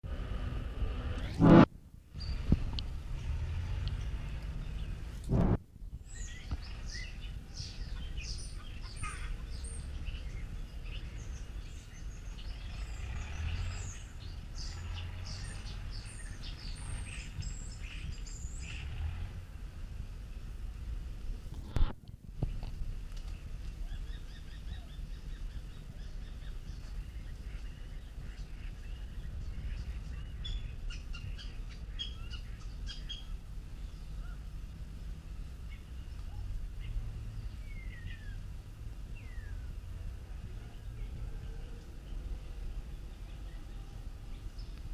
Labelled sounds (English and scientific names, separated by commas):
European Starling (Sturnus vulgaris) song